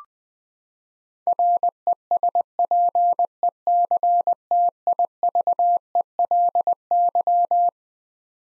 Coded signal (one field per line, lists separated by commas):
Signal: Morse code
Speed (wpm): 20 wpm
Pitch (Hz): 700 Hz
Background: none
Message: RESPECTIVELY